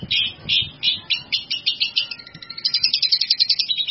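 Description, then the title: Bird song of harsh chirps speeding up into a quick, rattling high trill toward the end. "burung"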